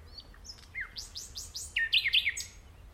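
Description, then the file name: Common nightingale song: a series of downslurred whistles followed by loud repeated rich notes, varied phrase over three seconds with faint low background noise. "Luscinia megarhynchos"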